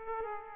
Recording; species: mosquito wingbeat signal from an infrared sensor; Aedes aegypti